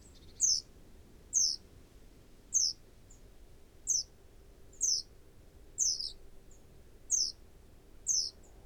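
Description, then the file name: Great tit giving a steady series of brief, high, downslurred call notes roughly once a second, with a faint low hum running through the background. "Parus major"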